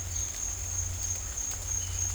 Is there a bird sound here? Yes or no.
no